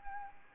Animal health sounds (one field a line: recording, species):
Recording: mosquito wingbeat signal from an infrared sensor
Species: Anopheles arabiensis